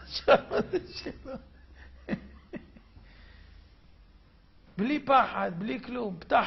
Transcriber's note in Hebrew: צחוק